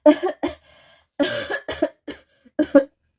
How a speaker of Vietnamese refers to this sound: Du Diễu cầm một ống thổi lửa hướng vào lò, lại bất thình lình hít phải ngụm khói, sặc sụa ho liên hồi.